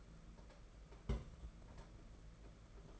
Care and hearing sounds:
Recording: daily activity, microphone in the room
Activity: place on stove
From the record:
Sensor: 5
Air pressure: 992.1 hPa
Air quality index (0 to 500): 210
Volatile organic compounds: 1000 ppm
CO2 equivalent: 6088 ppm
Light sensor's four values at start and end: 7/17/7/7 and 7/16/6/7

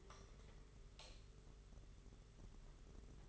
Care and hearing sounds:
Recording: daily activity, microphone in the room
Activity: light on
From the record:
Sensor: 4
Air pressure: 991.8 hPa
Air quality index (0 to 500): 98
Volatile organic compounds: 11 ppm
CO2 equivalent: 2280 ppm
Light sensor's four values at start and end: 7/16/6/6 and 9/25/9/11

